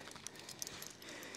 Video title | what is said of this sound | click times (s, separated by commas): This Tree Climbing Gadget Completely Changed My Rope Runner | and as I'm tending it's really knock locked into place pretty nice we | 0.6 s